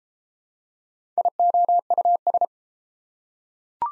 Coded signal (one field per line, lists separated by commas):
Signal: Morse code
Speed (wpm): 32 wpm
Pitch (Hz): 700 Hz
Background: none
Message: IOUS